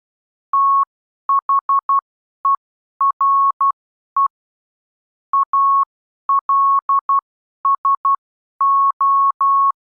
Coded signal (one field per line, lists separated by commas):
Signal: Morse code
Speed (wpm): 12 wpm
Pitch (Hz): 1100 Hz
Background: none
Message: THERE ALSO